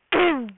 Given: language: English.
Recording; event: throat vibration sensor signal played as sound; throat clearing